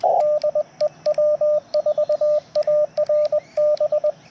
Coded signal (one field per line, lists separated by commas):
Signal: Morse code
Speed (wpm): 21 wpm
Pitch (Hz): 600 Hz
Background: radio noise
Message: DE W4ARB